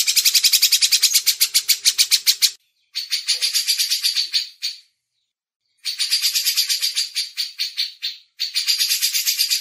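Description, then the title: Grey-cheeked bulbul chatter: rapid buzzy pulses in rhythmic trains, broken by brief pauses. Masteran recording. "MASTERAN CUCAK JENGGOT"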